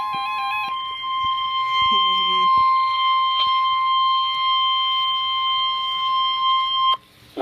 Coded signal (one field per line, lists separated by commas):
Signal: Emergency Alert System (SAME) tones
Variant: 1050 Hz attention tone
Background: speech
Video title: Severe T-Storm Warning (10/20/16) (EAS #95)